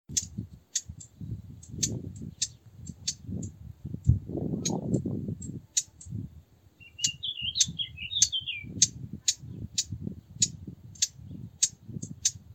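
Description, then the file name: Eurasian blackcap giving hard, clicking tack calls repeated in a steady series, with a brief warbled song fragment midway and low rumbling background noise throughout. "Sylvia atricapilla"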